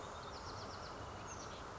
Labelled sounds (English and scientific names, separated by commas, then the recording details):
Bewick's Wren (Thryomanes bewickii)
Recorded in Sonoma County, California